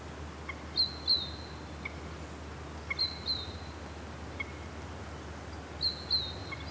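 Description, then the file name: Great tit calls: short, high, thin notes given in small pairs about every two to three seconds, over a steady low hum. "Parus major"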